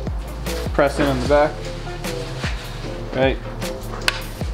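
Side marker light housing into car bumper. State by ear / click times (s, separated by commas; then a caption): seated / 4.1 s. A side marker light housing is pressed in at its back right corner and seated into the bumper opening while the front end of a 2015–2020 Subaru WRX is being reassembled. Someone talks over background music, and a single sharp, loud snap at 4.1 s marks the housing popping into place. The side marker light is seated in the bumper.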